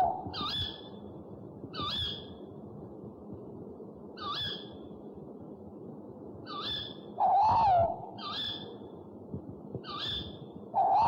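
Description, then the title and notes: Owl calls: short hoarse notes repeated at irregular intervals, with a few louder, lower wavering notes. One of 69 call variants from 11 owl species. "69 variant hlasů - 11 druhů sov"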